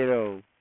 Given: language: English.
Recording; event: throat vibration sensor signal played as sound; speech